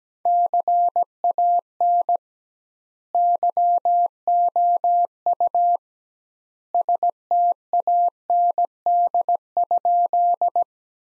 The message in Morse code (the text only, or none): CAN YOU STAND?